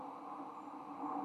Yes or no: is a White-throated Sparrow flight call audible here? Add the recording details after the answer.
no. No flight call is heard. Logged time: 03:26 on 15 November 2014